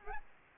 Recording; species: mosquito wingbeat signal from an infrared sensor; Aedes albopictus